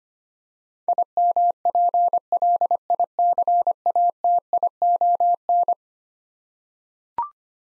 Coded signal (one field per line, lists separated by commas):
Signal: Morse code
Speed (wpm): 25 wpm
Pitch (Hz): 700 Hz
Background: none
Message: IMPLICATION